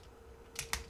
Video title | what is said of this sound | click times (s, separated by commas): 最还原的造型最恐怖的变形，变形金刚FT爵士 | 锁扣定好，然后根据这个齿轮关节往上掰齿轮， | 0.7 s